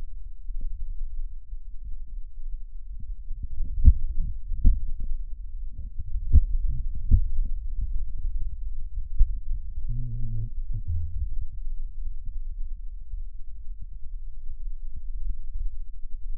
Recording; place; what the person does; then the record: lung sounds by stethoscope; right anterior apical chest; quiet breathing, then cough and speech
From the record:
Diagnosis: COPD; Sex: male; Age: 70 years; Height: 174 cm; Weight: 94 kg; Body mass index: 31.0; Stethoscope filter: bell mode